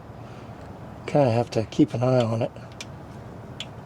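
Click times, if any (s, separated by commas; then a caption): 3.6 s. A torque wrench that clicks only faintly tightens a differential cover bolt on a Jeep Gladiator's Dana 60 axle while someone talks. A brief, faint click at 3.6 s shows the wrench reaching its torque setting.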